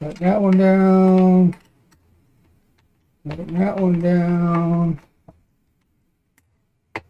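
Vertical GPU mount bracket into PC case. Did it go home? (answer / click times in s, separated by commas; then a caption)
yes / 7.0 s. Someone talks while fitting a Lian Li Lancool 2 vertical graphics card mount bracket into a Lian Li O11 Dynamic PC case, followed by a quiet stretch with a few faint ticks. At 7.0 s a single sharp, loud click is heard as the bracket is pushed further and locks into place.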